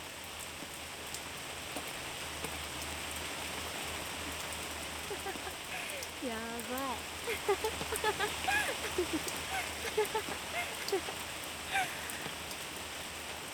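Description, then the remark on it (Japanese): A steady, dense hiss of rain pours down outdoors by the sea and sandy beach throughout, with a brief exclaimed word and some lively chatter rising over the downpour midway through. “雨って嫌なイメージあったけど、汗を流してくれてるみたいで、これは気持ちいい。”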